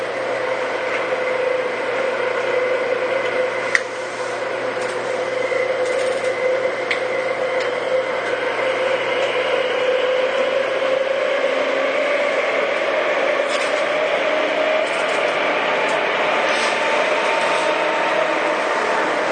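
Tobu 9000 series train running between Kotake-mukaihara and Hiyoshi, with a steady, dense rumble and a strong motor whine that slowly rises in pitch toward the middle and late part. Brief clicks and knocks come through now and then over the constant roar.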